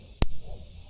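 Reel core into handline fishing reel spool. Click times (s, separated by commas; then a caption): 0.2 s. A plastic core is pushed in by hand, its last prong going in after the other two are already set, and it snaps into the spool of a handline fishing reel. A single sharp snap is heard at 0.2 s, followed by a brief low rustle over quiet background noise. The core is seated in the spool.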